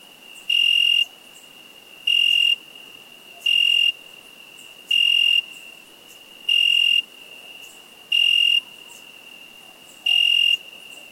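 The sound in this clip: Cricket chirping steadily, with seven shrill, buzzy bursts repeated about every one and a half seconds and a soft continuous high tone between them.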